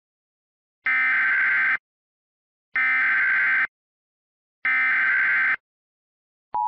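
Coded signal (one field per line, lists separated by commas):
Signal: Emergency Alert System (SAME) tones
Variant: header bursts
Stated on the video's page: Fake EAS hack recreation using valid tones.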